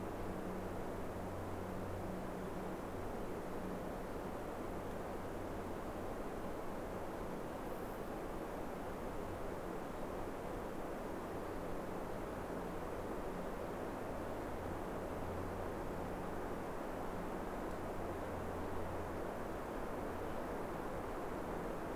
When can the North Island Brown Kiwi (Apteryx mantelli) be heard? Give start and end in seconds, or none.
none